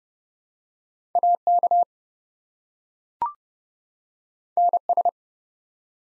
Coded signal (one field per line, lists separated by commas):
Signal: Morse code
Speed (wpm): 30 wpm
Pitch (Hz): 700 Hz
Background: none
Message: AK NS